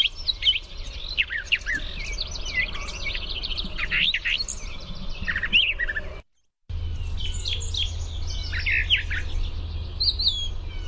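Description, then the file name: Brown thrasher singing rapid, dense strings of varied chirps and slurred notes, broken by a short silent gap midway, with a low background hum. "BRTH song"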